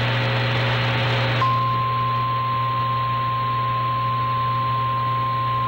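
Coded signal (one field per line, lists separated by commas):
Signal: Emergency Alert System (SAME) tones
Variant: 853 and 960 Hz attention tone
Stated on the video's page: Real flood warning EAS tones recorded from an FM radio station feed during a glacial outburst flood in Juneau, Alaska.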